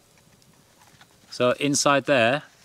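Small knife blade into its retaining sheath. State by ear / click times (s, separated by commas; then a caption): not seated / none. A small knife is handled at its retaining sheath, which was made so the knife clips in and stays rock solid without shaking out; the knife has not gone home yet and nothing has seated or clicked. Faint ticks sound at about 0.4 and 1.0 seconds over quiet background, then someone talks from about 1.4 to 2.4 seconds.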